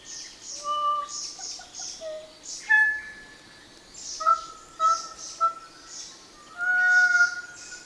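Kōkako song: rich, hollow whistled notes in slow phrases, alternating high and low pitches, amid steady high chirping from other birds.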